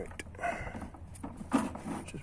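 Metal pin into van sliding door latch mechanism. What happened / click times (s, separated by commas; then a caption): The metal pin was worked into place with no seating click / none. A metal pin is wiggled into position in the sliding door latch mechanism of a VW Transporter T5/T6 van during a sliding door handle repair, while someone talks. Only small handling knocks are heard, around 0.4 s, 1.2 s, 1.8 s and 2.1 s. Nothing has clicked home yet.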